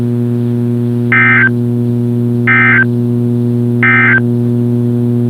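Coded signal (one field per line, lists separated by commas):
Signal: Emergency Alert System (SAME) tones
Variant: end-of-message bursts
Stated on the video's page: Required Weekly Test received on a NOAA weather radio station.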